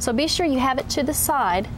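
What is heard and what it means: A paint cup is handled at a paint spray gun body with the locking lever held to the side, ready to be pushed on so its grooves snap in. Someone talks throughout the clip. Nothing has seated or clicked yet.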